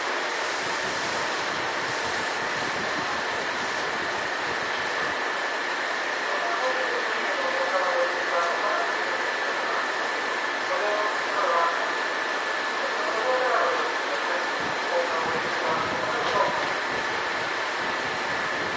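A Seibu old 2000 series train running on the Shinjuku to Hon-Kawagoe line, with a steady, dense roar and a constant thin whine throughout. Faint wavering tones, perhaps voices or wheel squeal, rise briefly around eight and thirteen seconds.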